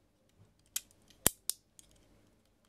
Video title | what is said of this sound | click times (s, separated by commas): Legrand Valena Life wall socket teardown review | see snaps in place and it has these ones here | 1.3 s, 1.5 s